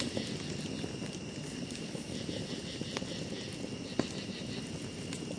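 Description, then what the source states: Cricket chirring holds level and high throughout, while a campfire pops and crackles with a few sharp clicks. Ambience at a campsite beside a fire, close perspective.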